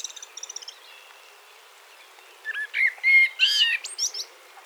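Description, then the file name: Common blackbird: faint high rapid twittering, then a Common blackbird phrase of warbled fluty whistles finishing in squeaky high notes. "Turdus merula"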